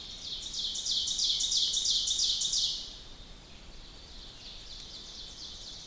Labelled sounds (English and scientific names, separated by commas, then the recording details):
Ovenbird (Seiurus aurocapilla) song
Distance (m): 30 m
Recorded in boreal forest in Alberta, Canada, on 2 June 2016 at 05:56
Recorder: SongMeter 3, array SBT-3-7
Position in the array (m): -2 m, 87 m
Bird 7